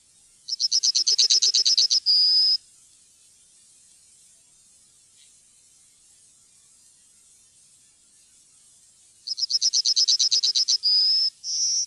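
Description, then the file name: Yellowhammer song, heard twice: a quick, even series of bright chipping notes followed by drawn-out whistled end notes, the second song closing on two long notes, lower then higher. "gulspurv"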